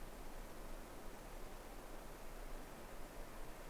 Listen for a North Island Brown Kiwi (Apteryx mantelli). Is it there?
no